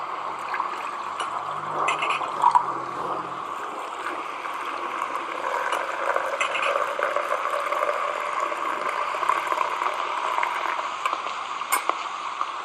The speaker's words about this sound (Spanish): Gracias por esperarme acá en la tienda a pesar de la lluvia. Será tomarnos un tintico para calentar el frío del aguacero, porque bien fuerte sí que está.